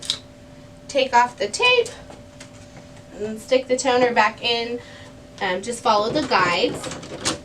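A plastic toner cartridge is being handled for reinsertion into an HP LaserJet M234sdwe laser printer, after its tape is removed, to be slid in along the guides. Someone talks over faint handling noises, with a brief sharp sound near 0.1 s and another at 2.4 s. The cartridge has not yet seated or clicked into place.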